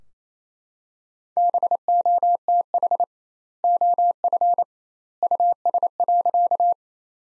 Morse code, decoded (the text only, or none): BOTH OF US.